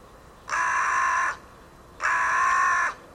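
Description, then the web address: Bird calls: a pair of harsh, buzzy, drawn-out notes of under a second each, steady and grating in tone. "cianscape. Deverinetal. Bird Only"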